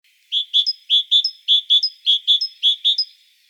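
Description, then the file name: Great tit song, a steady series of bright, high two-note phrases repeated in a clear, see-saw rhythm. "Parus major"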